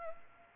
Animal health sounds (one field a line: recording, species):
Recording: mosquito wingbeat signal from an infrared sensor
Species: Aedes aegypti